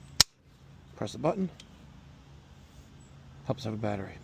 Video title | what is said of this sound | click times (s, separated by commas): Brand New ACiQ Was DEAD Out of the Box… But We Saved the Install SAME DAY! | lock into place. | 0.2 s